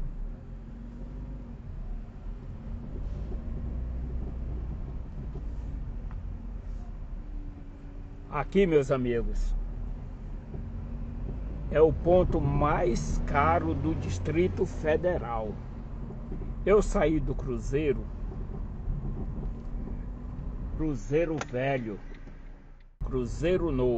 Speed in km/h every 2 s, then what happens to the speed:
8, 0, 4, 14, 12, 8, 7, 11, 13, 18, 18, 20.
0-3 slows to 0. 3-6 pulls away to 14. 6-12 steady at about 8. 12-17 speeds up to 18. 17-24 steady at about 18.